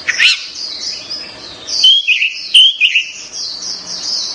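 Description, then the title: Orange-headed thrush giving a short rich phrase of slurred whistles and chirps amid continuous high warbling. "Anis Merah"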